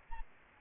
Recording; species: mosquito wingbeat signal from an infrared sensor; Aedes albopictus